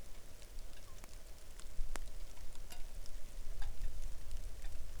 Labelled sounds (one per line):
rain